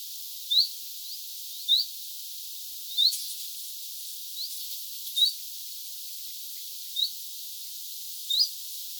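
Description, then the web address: Common chiffchaff calls: short, high, upward-sliding whistled notes given repeatedly at irregular intervals, with some fainter notes between, over steady hiss. Two birds calling, recorded 6 September 2025. "paivat 6 9 2025 kaksi bizt-tiltalttia"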